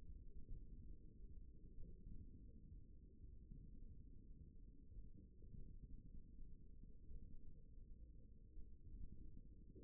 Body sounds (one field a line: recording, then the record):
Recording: forearm muscle sounds (acoustic myography)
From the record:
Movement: index flexion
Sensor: system 1, eight BSWA MPA416 microphones around the upper forearm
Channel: 1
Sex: male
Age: 54 years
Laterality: right